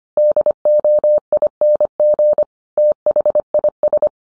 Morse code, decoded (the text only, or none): DOING THIS